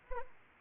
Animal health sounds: mosquito wingbeat signal from an infrared sensor; Anopheles arabiensis

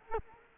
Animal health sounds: mosquito wingbeat signal from an infrared sensor; Culex quinquefasciatus

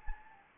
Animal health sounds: mosquito wingbeat signal from an infrared sensor; Anopheles gambiae

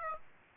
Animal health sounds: mosquito wingbeat signal from an infrared sensor; Aedes aegypti

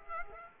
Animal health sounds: mosquito wingbeat signal from an infrared sensor; Aedes aegypti

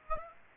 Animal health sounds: mosquito wingbeat signal from an infrared sensor; Aedes aegypti

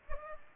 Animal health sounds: mosquito wingbeat signal from an infrared sensor; Culex pipiens

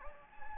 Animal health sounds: mosquito wingbeat signal from an infrared sensor; Anopheles gambiae

